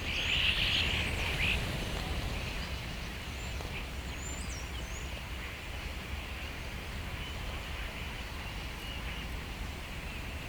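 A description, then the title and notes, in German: Starlings chatter and whistle over a steady low rumble that fills the whole clip. A bright cluster of chirps comes in the first second or two, then scattered high whistles and squeaks come and go above the constant low roar. Tausende Stare für Freunde der Surround-Aufnahme. Dann tausende Vögel, die miteinander reden und andere Vogelarten immitieren...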